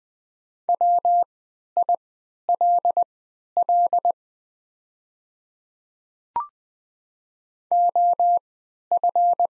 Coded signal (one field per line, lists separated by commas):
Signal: Morse code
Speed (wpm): 20 wpm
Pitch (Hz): 700 Hz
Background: none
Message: WILL OF